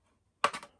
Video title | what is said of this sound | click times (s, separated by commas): The Texas Chainsaw Massacre : 50th Anniversary 4K/VHS Chainsaw edition. Unboxing and Review | and what I'm gonna do is I'm gonna oh I hope I hope I can do this I clicked into place | 0.4 s